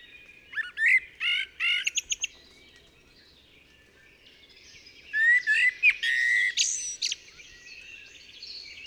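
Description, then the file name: Eurasian blackbird song, varied whistled and chattering phrases in two bursts separated by a pause of a few seconds. "Turdus merula"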